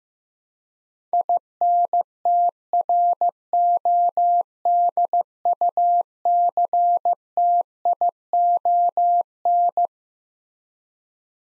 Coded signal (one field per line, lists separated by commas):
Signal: Morse code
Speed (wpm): 15 wpm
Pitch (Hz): 700 Hz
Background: none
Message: INTRODUCTION